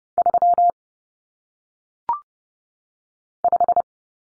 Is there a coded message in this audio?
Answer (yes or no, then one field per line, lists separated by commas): yes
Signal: Morse code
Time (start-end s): 0.2-3.8 s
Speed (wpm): 30 wpm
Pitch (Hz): 700 Hz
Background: none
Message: 3 5